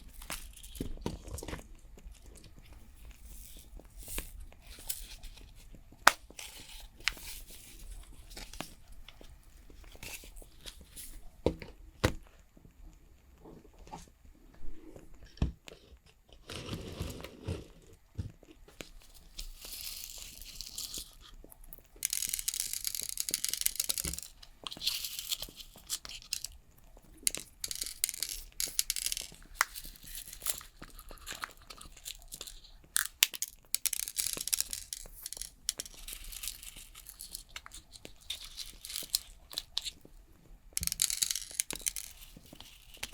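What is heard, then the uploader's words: Nail work with crackling fire sounds: irregular crisp snaps and clicks, with denser bursts of bright scratchy filing from about twenty seconds on. Doing My Nails For Christmas｜With Crackling Fire Sounds (No Talking).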